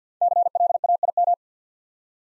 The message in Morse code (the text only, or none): CLAIM